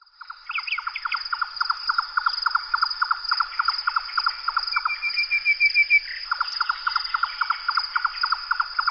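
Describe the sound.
Bird calls: fast repeated clipped notes with a few higher chirps, a thin wavering whistle interrupting the series, and a steady high whine in the background.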